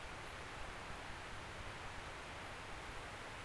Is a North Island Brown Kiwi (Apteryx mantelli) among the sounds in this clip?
no